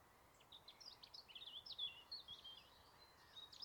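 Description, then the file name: European robin singing a rapid jumble of high thin twittering notes and short trills, fairly faint against constant hiss. "Erithacus rubecula"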